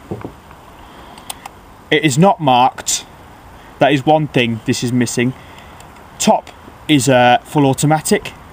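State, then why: Not seated. The fire selector lever on the receiver of an ICS L86A2 airsoft rifle, which is unmarked, with the top position for full auto and the lower for semi-auto, is handled while someone talks. A few faint ticks come early in the quiet gaps, but the lever has not clicked into position yet.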